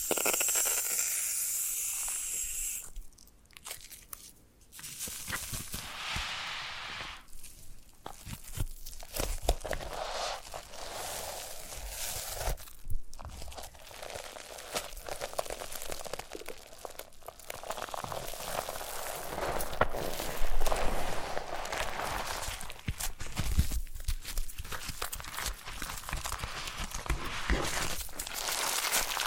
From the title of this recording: Foam Massage